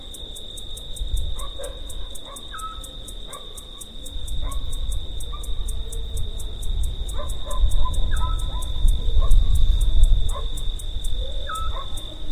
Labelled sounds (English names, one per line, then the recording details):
Eurasian Scops Owl song
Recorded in the wild
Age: adult
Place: Vasilikos, Zakynthos, Ionien Islands, GR
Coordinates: 37.7175, 20.9817
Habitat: olive grove
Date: 2012-06-29 22:00
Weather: 25°C, clear, moderate winds
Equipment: Sound Devices 702, Sennheiser MKH 415 T, Rhode Windschutz
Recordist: Frommolt, Karl-Heinz